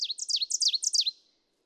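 Ovenbird song: several loud, emphatic phrases repeated quickly, high and ringing, then silence.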